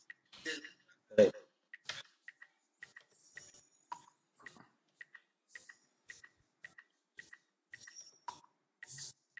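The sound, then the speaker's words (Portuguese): A run of sharp, short clicks repeats at a fairly steady, quick pace throughout, with a few faint breathy voice sounds and rustles mixed in near the start. “Você ouviu o clique aí?”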